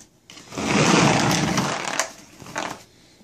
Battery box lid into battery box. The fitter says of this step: or the tab on both sides are lined up push down until they click at